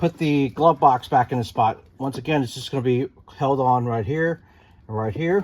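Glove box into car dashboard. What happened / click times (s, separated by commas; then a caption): Handled, not yet home: the panel has not snapped in / none. A plastic glove box is being put back onto its two mounting points in the dashboard of a 2013 Accord V6 while the A/C motor assembly and mode servo actuator are being replaced. Someone talks throughout the clip, and nothing has seated or clicked into place yet.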